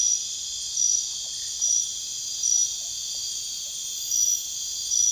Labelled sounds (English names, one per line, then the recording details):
none
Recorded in pastures near Puerto Asís, Putumayo, Colombia, on 22 June 2025 at 01:00
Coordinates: 0.466, -76.322
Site GP07